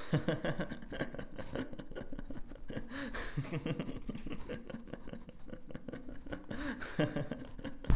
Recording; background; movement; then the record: laughter; quiet; walking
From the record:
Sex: male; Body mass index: 22.0 kg/m2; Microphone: on the chest, facing outward